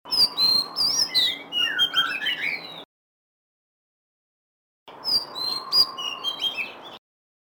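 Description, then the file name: Oriental magpie-robin song: rich varied whistles, slurred and rapid, in a three-second burst, then silence, then another two-second burst over a steady low hiss. Song of the variety locally called kacer lutung cebu. "suara kicauan kacer lutung cebu. omkicau"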